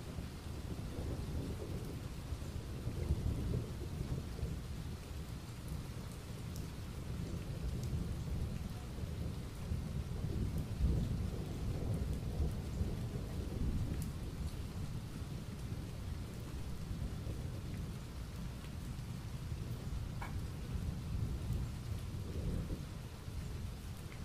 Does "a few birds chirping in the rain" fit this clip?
yes